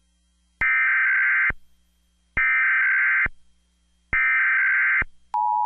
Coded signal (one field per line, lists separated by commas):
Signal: Emergency Alert System (SAME) tones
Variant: header bursts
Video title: (MIRROR) EAS Required Monthly Test in Illinois (05/03/11)